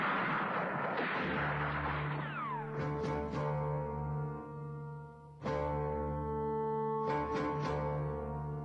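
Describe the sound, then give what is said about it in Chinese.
Gunfire sound effect for gunfire at the Lugou (Marco Polo) Bridge: sharp shots in small bursts of two or three, with a lone shot between them, over a steady humming tonal drone after an opening wash of noise. “当卢沟桥响起了枪声，参加29军军训的学生们都经历了什么？”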